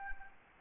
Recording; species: mosquito wingbeat signal from an infrared sensor; Anopheles arabiensis